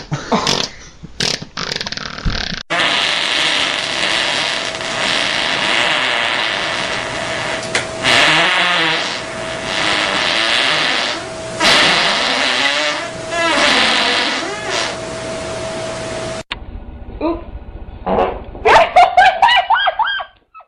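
A string of loud fart sounds: a few short blasts, then one long, raspy, wavering fart that drones on, ending with several quick sputtering toots.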